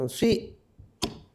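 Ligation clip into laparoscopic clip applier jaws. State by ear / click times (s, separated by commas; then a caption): seated / 1.0 s. Someone talks while a clip cartridge rests on a hard surface and the jaws of a laparoscopic clip applier are pressed into it to load a ligation clip. A single sharp click sounds at 1.0 s as the surgical clip seats in the applier jaws, and the clip is loaded.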